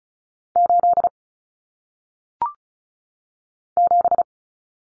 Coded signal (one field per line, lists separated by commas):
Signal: Morse code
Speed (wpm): 36 wpm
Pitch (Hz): 700 Hz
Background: none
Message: 8 7